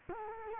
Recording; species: mosquito wingbeat signal from an infrared sensor; Culex quinquefasciatus